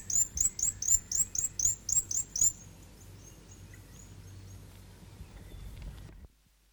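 South Island fantail song: a rapid run of bright, high squeaky chirps over about two and a half seconds, then a few fainter trailing notes and soft background hiss.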